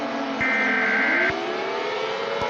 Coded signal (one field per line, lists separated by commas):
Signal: Emergency Alert System (SAME) tones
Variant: header bursts